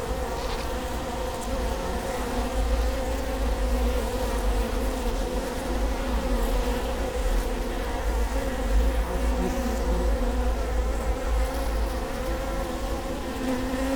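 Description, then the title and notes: Honey bees humming in a dense, continuous drone with steady tonal bands around the low-middle range, a constant mass of overlapping wingbeats with no pauses. Bee hive at Prinzessinnengarten, Hermannstraße, Berlin, Germany; recorded with Sony PCM D50 and Primo EM172. "Prinzessinnengarten II, Hermannstraße, Berlin, Deutschland - bee hive. bee hive at Prinzessinnengarten"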